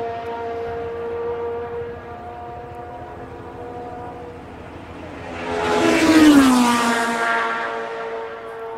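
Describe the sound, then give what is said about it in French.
Two racing car engines whine together at a steady, high pitch, then swell into a loud roaring rush as they pass, their pitch sliding downward before easing off. No one speaks. “Deux voitures simultanées.”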